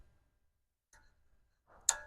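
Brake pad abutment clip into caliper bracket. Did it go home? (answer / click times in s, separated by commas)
yes / 1.9 s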